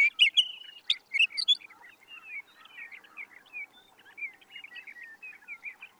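Sage thrasher song: a few loud chirps at first, then a softer, quieter run of slurred warbling notes continuing steadily.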